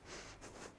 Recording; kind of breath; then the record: one breath in and out by a microphone near the nose and mouth; strong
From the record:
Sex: female